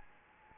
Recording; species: mosquito wingbeat signal from an infrared sensor; Anopheles gambiae